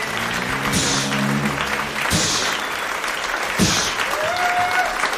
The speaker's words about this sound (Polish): Wszyscy brawo, wszyscy bicie brawo, dokładnie. Wszystko jest na żywo, także nie ma ściemy.